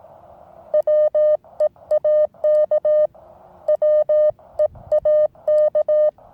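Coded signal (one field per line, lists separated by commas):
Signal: Morse code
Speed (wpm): 18 wpm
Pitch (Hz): 610 Hz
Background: none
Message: WEAK WEAK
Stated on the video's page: Morse from a tiny Weber MTR radio operated in hills near Marseille, with a 6m wire antenna, 9:1 UNUN and T1 tuner.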